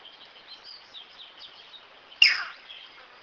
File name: canto do socozinho